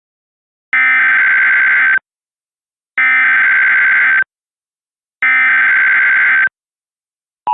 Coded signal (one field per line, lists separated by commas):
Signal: Emergency Alert System (SAME) tones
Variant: header bursts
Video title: CASCADIA - TSUNAMI/EARTHQUAKE EAS SCENARIO